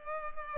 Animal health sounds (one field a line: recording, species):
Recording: mosquito wingbeat signal from an infrared sensor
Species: Culex pipiens